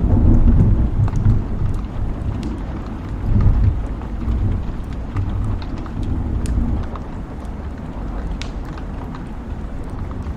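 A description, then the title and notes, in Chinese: Rain and a crackling fire on a night: a dense, low rumbling roar runs throughout, a bit heavier in the first few seconds before settling. Sharp little pops and ticks scatter irregularly over it, several each second, brighter than the steady wash beneath. 雨夜火炉。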